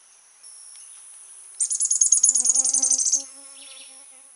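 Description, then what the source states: Olive spinetail song: a very high, thin, fast trill lasting about one and a half seconds, with a faint lower buzzing and soft background tones. Song recorded at Santa Ines on 23 November 2001.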